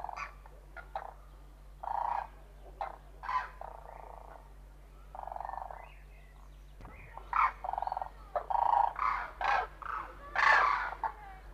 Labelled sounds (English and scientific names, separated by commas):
Demoiselle Crane (Grus virgo) call